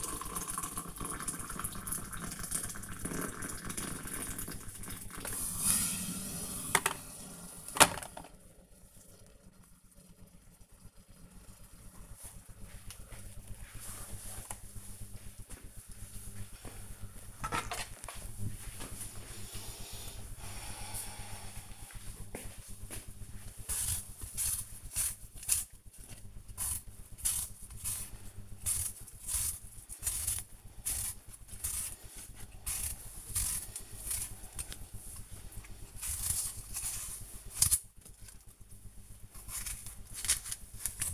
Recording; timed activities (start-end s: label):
household activities, microphone on the right wrist
0.00-10.79 s: making tea
21.86-41.14 s: cutting vegetables